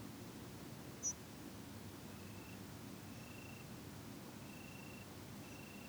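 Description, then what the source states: Spotted flycatcher flight call: one thin, very short high note just after the first second, over steady low background noise. Nocturnal flight call, recorded 16 September 2019.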